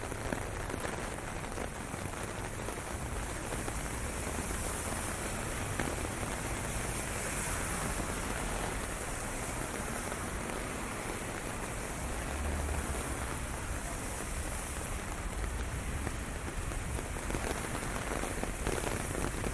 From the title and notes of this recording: WALKING IN THE RAIN TOKYO JAPAN. Walking in the streets of Tokyo, Japan.